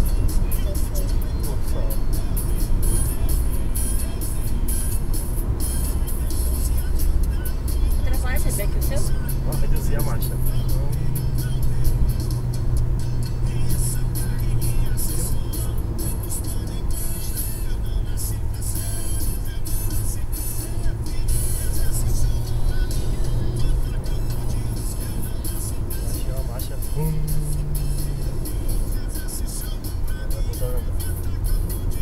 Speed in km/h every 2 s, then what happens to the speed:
120, 113, 109, 109, 104, 100, 99, 94, 91, 89, 88, 90, 84, 79, 79, 78.
0-32 slows to 78.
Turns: none.